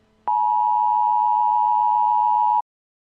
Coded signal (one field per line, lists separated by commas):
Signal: Emergency Alert System (SAME) tones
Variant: 853 and 960 Hz attention tone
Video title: EAS scenario- Hacked.